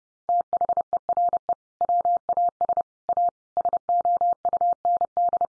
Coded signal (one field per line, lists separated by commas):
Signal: Morse code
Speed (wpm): 30 wpm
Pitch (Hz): 700 Hz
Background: none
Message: THERE WAS A SOUND